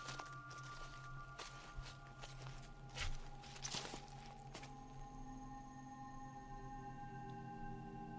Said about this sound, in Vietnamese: Ấy là tiếng bước chân như của ai đó đang đi ở trong nhà. Tiếng bước chân lạ lắm. Nó giống như là một chân bước, một chân kéo lê.